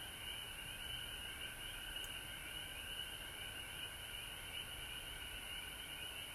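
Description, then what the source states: Frogs calling together, a constant high trilling chorus with faint rising notes woven through and a single brief tick partway in. Recorded at home in Georgia on March 19, 2020.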